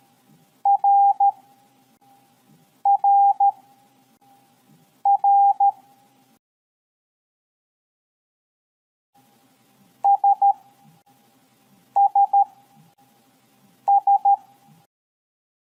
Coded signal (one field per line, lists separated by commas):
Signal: Morse code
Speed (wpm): 13 wpm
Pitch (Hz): 800 Hz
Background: none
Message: RRR SSS